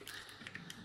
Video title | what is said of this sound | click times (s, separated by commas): XT009 upgrade kit for Ultra Magnuson. | peg put that in till it clicks one two three then | 0.5 s, 0.6 s, 0.7 s